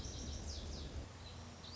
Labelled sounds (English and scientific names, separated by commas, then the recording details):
Lazuli Bunting (Passerina amoena)
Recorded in Sonoma County, California